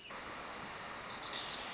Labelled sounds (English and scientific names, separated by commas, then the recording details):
Wilson's Warbler (Cardellina pusilla)
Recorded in Sonoma County, California